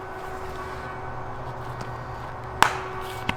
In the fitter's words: clicked in place we're just gonna draw that line across here and as